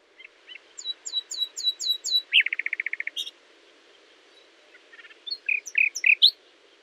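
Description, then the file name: Common nightingale song: quick repeated high notes, a rapid buzzy trill, pause, then sharp rising notes, over a steady background hiss. "Luscinia megarhynchos"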